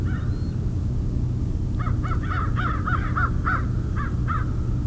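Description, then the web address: Crow giving a run of short, harsh caws over a loud, steady low rumble. Crows recorded in winter in Mississippi. "Jerry Apps Winter. Mississippi Crows"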